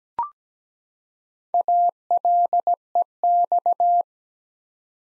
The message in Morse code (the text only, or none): ALEX